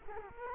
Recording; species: mosquito wingbeat signal from an infrared sensor; Culex quinquefasciatus